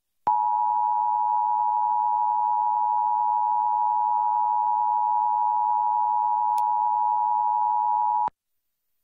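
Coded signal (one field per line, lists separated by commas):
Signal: Emergency Alert System (SAME) tones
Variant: 853 and 960 Hz attention tone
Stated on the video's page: Monthly test relayed via Xfinity cable (X1 from IPAWS CAP without audio, Legacy from an FM station), Trilithic EASyPLUS unit, and local TV stations.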